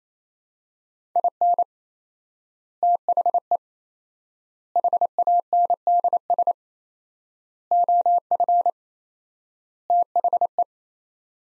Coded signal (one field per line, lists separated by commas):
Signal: Morse code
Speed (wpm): 27 wpm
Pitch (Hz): 700 Hz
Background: none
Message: IN THE HANDS OF THE